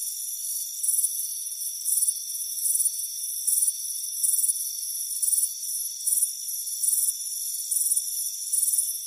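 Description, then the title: Crickets chirping in high, pulsing bursts about once a second over a steady, thin insect drone; no other sounds. Crickets chirping on a warm afternoon on a front porch. "Soothing Crickets Chirping Sound"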